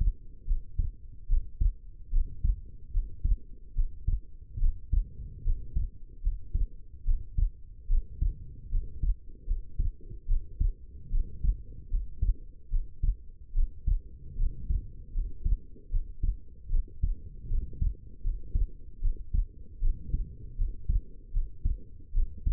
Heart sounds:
heart sounds by stethoscope; 75 bpm
0.46 s: heartbeat
1.28 s: heartbeat
2.11 s: heartbeat
2.92 s: heartbeat
3.74 s: heartbeat
4.59 s: heartbeat
5.43 s: heartbeat
6.22 s: heartbeat
7.04 s: heartbeat
7.88 s: heartbeat
8.70 s: heartbeat
9.46 s: heartbeat
10.27 s: heartbeat
11.10 s: heartbeat
11.89 s: heartbeat
12.70 s: heartbeat
13.53 s: heartbeat
14.36 s: heartbeat
15.13 s: heartbeat
15.90 s: heartbeat
16.70 s: heartbeat
17.48 s: heartbeat
18.22 s: heartbeat
19.01 s: heartbeat
19.80 s: heartbeat
20.57 s: heartbeat
21.32 s: heartbeat
22.13 s: heartbeat
From the record:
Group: healthy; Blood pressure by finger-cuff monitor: 92/60 mmHg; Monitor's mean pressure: 70 mmHg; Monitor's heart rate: 75 bpm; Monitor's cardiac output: 5.6 L/min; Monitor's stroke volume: 76 mL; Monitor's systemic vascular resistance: 890 dyn s/cm5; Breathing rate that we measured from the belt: 20 breaths a minute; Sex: female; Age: 19 years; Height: 163 cm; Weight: 51 kg

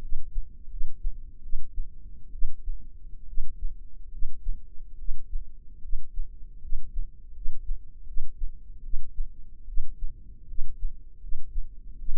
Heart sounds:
heart sounds by microphone in the left ear; 75 bpm
0.00 s: heartbeat
0.69 s: heartbeat
1.41 s: heartbeat
2.31 s: heartbeat
3.26 s: heartbeat
4.10 s: heartbeat
4.97 s: heartbeat
5.81 s: heartbeat
6.60 s: heartbeat
7.33 s: heartbeat
8.05 s: heartbeat
8.82 s: heartbeat
9.66 s: heartbeat
10.46 s: heartbeat
11.19 s: heartbeat
11.97 s: heartbeat
From the record:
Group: healthy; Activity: rest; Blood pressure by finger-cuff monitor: 107/71 mmHg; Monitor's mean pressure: 84 mmHg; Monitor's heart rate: 74 bpm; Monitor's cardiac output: 6.3 L/min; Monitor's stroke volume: 82 mL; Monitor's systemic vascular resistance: 950 dyn s/cm5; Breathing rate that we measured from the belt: 17 breaths a minute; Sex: female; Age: 22 years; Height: 157 cm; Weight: 47.6 kg

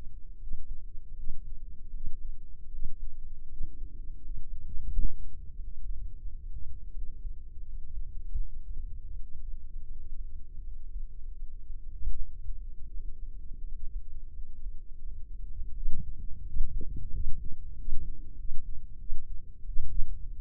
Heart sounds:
heart sounds by microphone in the left ear; 84 bpm
0.38 s: heartbeat
1.14 s: heartbeat
1.91 s: heartbeat
2.69 s: heartbeat
3.48 s: heartbeat
4.20 s: heartbeat
4.88 s: heartbeat
5.54 s: heartbeat
6.21 s: heartbeat
6.92 s: heartbeat
7.64 s: heartbeat
8.35 s: heartbeat
9.10 s: heartbeat
9.86 s: heartbeat
10.62 s: heartbeat
11.37 s: heartbeat
12.15 s: heartbeat
12.90 s: heartbeat
13.63 s: heartbeat
14.32 s: heartbeat
15.02 s: heartbeat
15.73 s: heartbeat
16.43 s: heartbeat
17.11 s: heartbeat
17.75 s: heartbeat
18.36 s: heartbeat
18.97 s: heartbeat
19.64 s: heartbeat
20.38 s: heartbeat
From the record:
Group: healthy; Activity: rest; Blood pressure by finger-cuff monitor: 124/77 mmHg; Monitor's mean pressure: 95 mmHg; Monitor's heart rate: 85 bpm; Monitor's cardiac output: 6.9 L/min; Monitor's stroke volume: 82 mL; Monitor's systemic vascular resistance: 980 dyn s/cm5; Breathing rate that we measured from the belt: 18 breaths a minute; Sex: female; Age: 24 years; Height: 163 cm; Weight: 55.7 kg

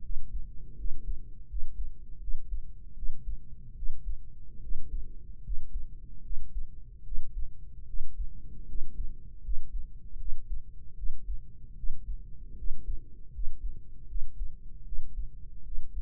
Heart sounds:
heart sounds by microphone in the right ear; 77 bpm
0.74 s: heartbeat
1.46 s: heartbeat
2.18 s: heartbeat
2.93 s: heartbeat
3.73 s: heartbeat
4.59 s: heartbeat
5.41 s: heartbeat
6.21 s: heartbeat
7.02 s: heartbeat
7.84 s: heartbeat
8.65 s: heartbeat
9.40 s: heartbeat
10.16 s: heartbeat
10.93 s: heartbeat
11.74 s: heartbeat
12.54 s: heartbeat
13.30 s: heartbeat
14.05 s: heartbeat
14.82 s: heartbeat
15.62 s: heartbeat
From the record:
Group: healthy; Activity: rest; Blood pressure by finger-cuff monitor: 108/67 mmHg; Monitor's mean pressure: 78 mmHg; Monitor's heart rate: 78 bpm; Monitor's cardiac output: 6 L/min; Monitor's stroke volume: 77 mL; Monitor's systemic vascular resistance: 960 dyn s/cm5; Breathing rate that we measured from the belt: 15 breaths a minute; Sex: female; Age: 23 years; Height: 160 cm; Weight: 50.4 kg

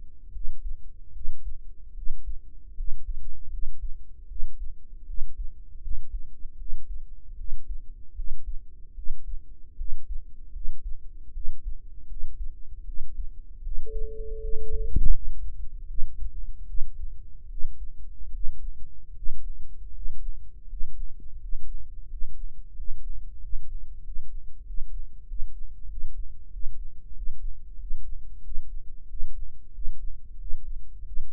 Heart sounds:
heart sounds by microphone in the right ear; 82 bpm
0.31 s: heartbeat
1.11 s: heartbeat
1.93 s: heartbeat
2.74 s: heartbeat
3.48 s: heartbeat
4.26 s: heartbeat
5.04 s: heartbeat
5.80 s: heartbeat
6.55 s: heartbeat
7.35 s: heartbeat
8.13 s: heartbeat
8.93 s: heartbeat
9.75 s: heartbeat
10.51 s: heartbeat
11.31 s: heartbeat
12.06 s: heartbeat
12.83 s: heartbeat
13.61 s: heartbeat
14.39 s: heartbeat
15.10 s: heartbeat
15.86 s: heartbeat
16.65 s: heartbeat
17.48 s: heartbeat
18.31 s: heartbeat
19.13 s: heartbeat
19.91 s: heartbeat
20.66 s: heartbeat
21.37 s: heartbeat
22.06 s: heartbeat
22.73 s: heartbeat
23.38 s: heartbeat
24.01 s: heartbeat
24.63 s: heartbeat
25.25 s: heartbeat
25.87 s: heartbeat
26.49 s: heartbeat
27.12 s: heartbeat
27.77 s: heartbeat
28.41 s: heartbeat
29.07 s: heartbeat
29.72 s: heartbeat
30.37 s: heartbeat
31.03 s: heartbeat
From the record:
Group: healthy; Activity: rest 0-17 s, Valsalva maneuver 17-31 s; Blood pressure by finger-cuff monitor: 84/56 mmHg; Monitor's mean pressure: 66 mmHg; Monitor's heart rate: 80 bpm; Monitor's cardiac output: 6.7 L/min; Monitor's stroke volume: 85 mL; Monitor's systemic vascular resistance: 700 dyn s/cm5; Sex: female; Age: 19 years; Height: 163 cm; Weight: 48.9 kg

